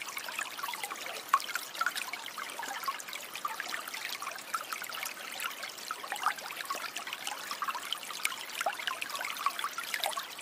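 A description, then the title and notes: A creek trickles and babbles, a dense, steady run of small splashes and gurgles with little low rumble. Brighter droplet sounds pop out every second or so, with a few sharper plinks near the start and middle, while the overall flow stays even. Creek Sounds.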